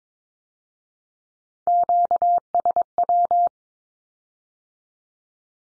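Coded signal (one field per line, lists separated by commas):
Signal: Morse code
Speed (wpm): 22 wpm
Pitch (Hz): 700 Hz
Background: none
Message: QSW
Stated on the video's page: Morse Q-codes sent at 22 wpm as statement or question, then repeated after spoken meaning; code-learning drill.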